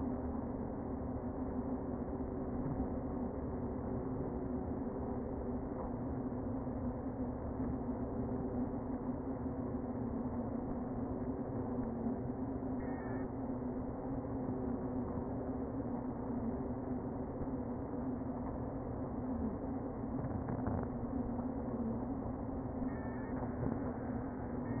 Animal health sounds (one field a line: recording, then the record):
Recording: honeybee colony, microphone inside the hive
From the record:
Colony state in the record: queen present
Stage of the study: before two queens were removed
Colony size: about 60,000 bees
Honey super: yes